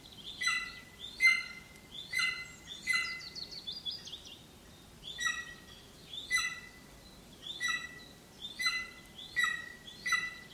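Bird calls: harsh, downward-sliding notes repeated in short runs, with a quick higher trill partway through and a soft background rumble.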